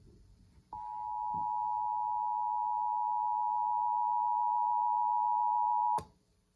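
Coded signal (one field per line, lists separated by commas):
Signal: Emergency Alert System (SAME) tones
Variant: 853 and 960 Hz attention tone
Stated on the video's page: EAS tests received at a home base station; a Sangean receiver set to one county did not alert.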